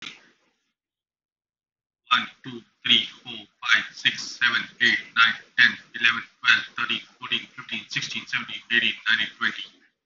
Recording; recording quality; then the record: counting at a fast pace; excellent, no background noise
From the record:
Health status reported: COVID-19 positive, mild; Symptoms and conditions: cough, cold, fever, loss of smell and taste, asthma, chronic lung disease, pneumonia, hypertension, diabetes, ischaemic heart disease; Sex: male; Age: 40 years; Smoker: yes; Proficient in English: yes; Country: India